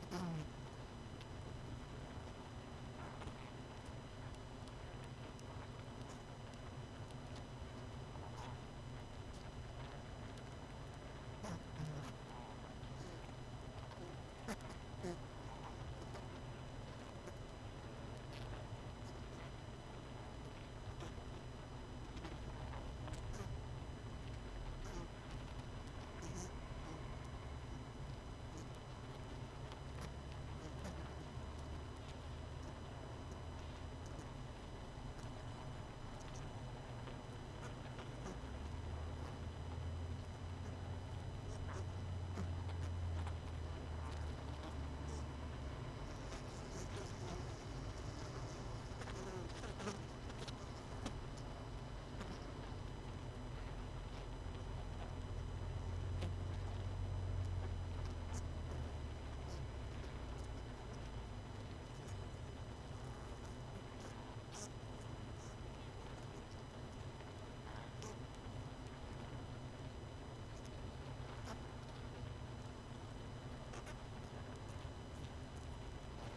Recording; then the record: honeybee colony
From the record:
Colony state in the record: missing queen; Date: 31 May 2018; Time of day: 21:15